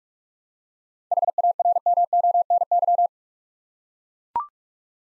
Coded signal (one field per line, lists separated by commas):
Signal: Morse code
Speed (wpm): 44 wpm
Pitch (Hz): 700 Hz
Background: none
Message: HARMONY